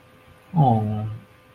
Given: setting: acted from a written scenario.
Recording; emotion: vocal sound without words; adoration